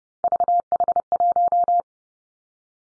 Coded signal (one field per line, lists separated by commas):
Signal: Morse code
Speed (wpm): 30 wpm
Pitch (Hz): 700 Hz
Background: none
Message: VH1